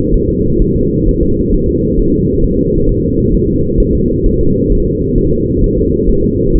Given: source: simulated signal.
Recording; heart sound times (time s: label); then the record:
fetal heart sounds
0.14 s: S1
0.29 s: S2
0.62 s: S1
0.76 s: S2
1.09 s: S1
1.23 s: S2
1.54 s: S1
1.69 s: S2
1.99 s: S1
2.14 s: S2
2.44 s: S1
2.59 s: S2
2.89 s: S1
3.04 s: S2
3.34 s: S1
3.49 s: S2
3.80 s: S1
3.95 s: S2
4.26 s: S1
4.41 s: S2
4.72 s: S1
4.87 s: S2
5.18 s: S1
5.33 s: S2
5.64 s: S1
5.78 s: S2
6.09 s: S1
6.24 s: S2
6.55 s: S1
From the record:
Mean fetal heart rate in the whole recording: 130 bpm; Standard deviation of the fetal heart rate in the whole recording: 4 bpm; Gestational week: 38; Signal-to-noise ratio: -15.3 dB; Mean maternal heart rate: 72 bpm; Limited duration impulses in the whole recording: present